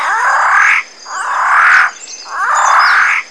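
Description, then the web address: Bird giving three loud, rasping squawks, each under a second long, with short gaps between and faint higher chirps behind. Harsh call of jungle birds. "Zero-G Ambient 1 JUNGLE BIRDS HARSH CALL"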